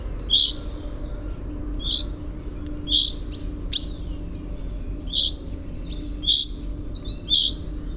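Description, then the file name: Common chaffinch calling with clipped, bright single notes at uneven intervals, a sharp click midway, thin high calls from other birds and a low background hum. "Fringilla coelebs"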